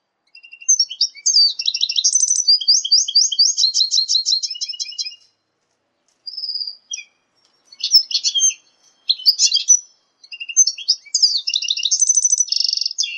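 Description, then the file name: Red siskin x canary hybrid singing high, rapid trills and buzzy chattering phrases for about five seconds, a short pause with a few whistles, then the trilled song resumes. "hibrid red siskin x kenari omkicau"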